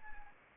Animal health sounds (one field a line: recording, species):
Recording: mosquito wingbeat signal from an infrared sensor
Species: Anopheles arabiensis